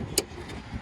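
A wiring connector is pushed back onto the tail light bulb socket of a 2015-2019 Subaru Legacy after the new bulb has been spun in. A single sharp click is heard at 0.2 s over a low background hum, and the connector is seated.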